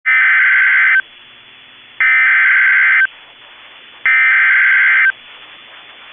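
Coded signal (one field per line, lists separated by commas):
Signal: Emergency Alert System (SAME) tones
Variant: header bursts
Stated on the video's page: Storm, flooding and AMBER Alert tones received on NOAA Weather Radio, compiled as a mini-timeline.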